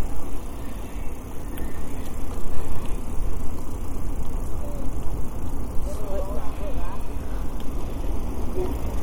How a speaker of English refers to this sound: I hear a train coming.